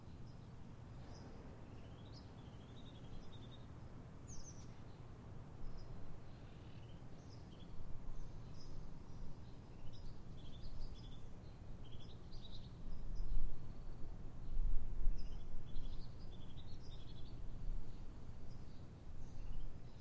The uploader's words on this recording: Birds Chirping in the Late Morning. A lazy late morning at an empty park.